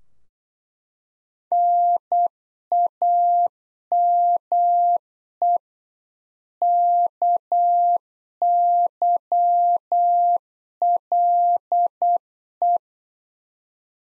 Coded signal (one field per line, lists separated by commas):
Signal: Morse code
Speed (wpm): 8 wpm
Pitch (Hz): 700 Hz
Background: none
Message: NAME KYLE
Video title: Practice QSO - Exchange 1- Beginning - 8wpm